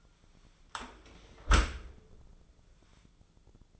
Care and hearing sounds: daily activity, microphone in the room; close dishwasher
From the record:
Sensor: 5

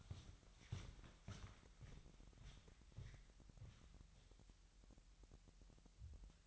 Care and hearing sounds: daily activity, microphone in the room; walk to room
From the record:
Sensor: 3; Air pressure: 1002.0 hPa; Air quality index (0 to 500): 249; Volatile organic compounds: 51 ppm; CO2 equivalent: 3303 ppm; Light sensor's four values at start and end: 9/19/8/9 and 7/16/7/7

